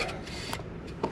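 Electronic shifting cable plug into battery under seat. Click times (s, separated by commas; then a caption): 0.5 s. The E-tube cable from an electronic shifting system, fed back under the seat, is pushed into the battery port against a steady broadband rustling background. A short, sharp click at 0.5 s marks the connector seating in the battery.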